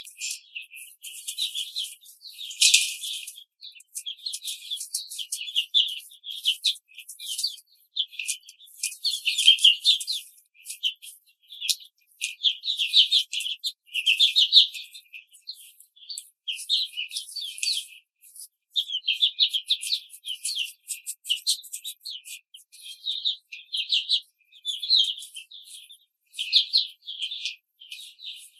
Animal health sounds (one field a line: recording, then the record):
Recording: young laying hens in a cage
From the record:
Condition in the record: control cage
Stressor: none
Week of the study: 5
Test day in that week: 1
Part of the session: 2